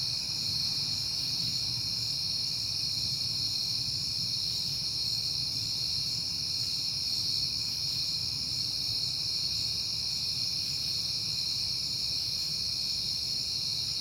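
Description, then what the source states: Cricket: a dense chorus of crickets rings steadily in high pitches, with a faint low rumble in the background. Crickets at night in September, on a peaceful night.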